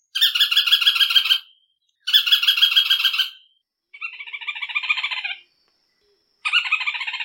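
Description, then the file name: White-eyed foliage-gleaner song: two loud rapid chattering bursts, then two rougher, slightly lower-toned chatters of a different pattern, the first three each lasting over a second and the last cut off at the end. "canto do trepador de olho branco"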